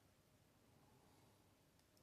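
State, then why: Not seated. During a tune-up of an AFX Tomy Turbo slot car, a plastic chassis part is lined up by its tabs and handled against the slot car chassis. Only quiet, steady handling noise and faint low rustling are heard. The part has not seated or clicked into place yet.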